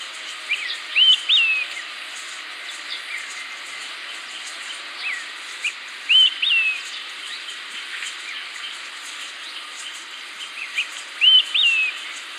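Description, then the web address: Olive-sided flycatcher song: a short whistled phrase of a brief note, then a higher slurred note falling away, given three times about five seconds apart over steady hiss. Recorded in Ecuador. "Birds of Ecuador. Olive-sided Flycatcher"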